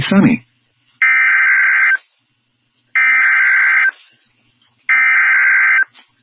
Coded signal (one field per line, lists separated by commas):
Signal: Emergency Alert System (SAME) tones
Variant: header bursts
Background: speech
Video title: EAS Shelter In Place Warning Evacuation Immediate and Fire Warning Alerts for Historic TX Wildfires